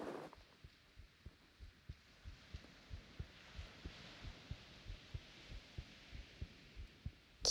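Soft, regular low thumps in paired beats, roughly 90 to 100 a minute, over a steady background hiss. It is a woman's heartbeat heard with the ear against her chest, with an even rhythm throughout.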